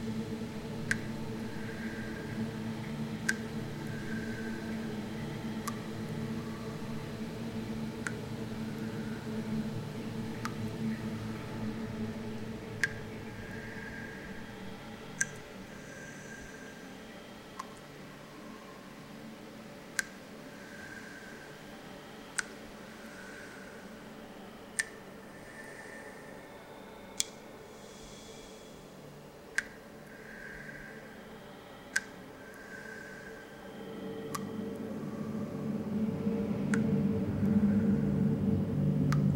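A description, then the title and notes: Room tone: a steady low hum with a soft hiss and faint tonal drones, thinning out around the middle. Sharp ticks or clicks land every two to three seconds throughout. Near the end the low rumble swells back louder. The piece "Room" combines room tones sampled from several films, sfx libraries, with field recordings of other rooms and spaces. These sound sources are processed to highlight the various inherent or imagined states of dramatic narrative possible with their acoustic properties.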